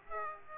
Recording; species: mosquito wingbeat signal from an infrared sensor; Aedes aegypti